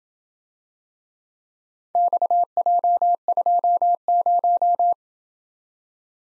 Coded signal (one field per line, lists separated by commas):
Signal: Morse code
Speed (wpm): 26 wpm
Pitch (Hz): 700 Hz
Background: none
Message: XJ20